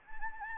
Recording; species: mosquito wingbeat signal from an infrared sensor; Anopheles gambiae